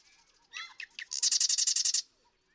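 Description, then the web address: Marsh Wren song: scratchy lead-in notes followed by a rapid, buzzy, evenly pulsed trill lasting about a second. "birdsongforthecurious Marsh Wren"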